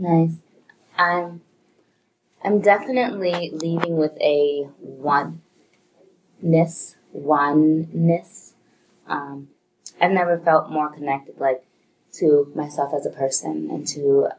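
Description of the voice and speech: An adult speaks in broken phrases with long silent pauses, a stretched vowel, and a split, repeated attempt at the word "oneness". A fluent stretch follows. These blocks, prolongations and repetitions are typical of stuttering.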